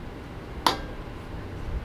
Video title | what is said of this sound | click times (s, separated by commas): BEST EBIKE UNDER $1000! (LECTRIC XP ELECTRIC BIKE) | doesn't take long to put it back together from the folded up position this just locks into place just | 0.7 s